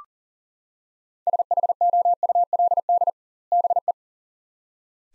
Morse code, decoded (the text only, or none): SHOULD BE